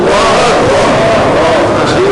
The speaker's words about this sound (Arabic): ده احنا دلوقتي لما بنسجل وبعد ذلك يجي صوت عربية ولا تيجي صوت يدخل عني غلط